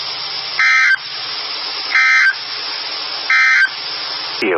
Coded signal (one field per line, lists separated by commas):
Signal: Emergency Alert System (SAME) tones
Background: speech